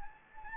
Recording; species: mosquito wingbeat signal from an infrared sensor; Anopheles gambiae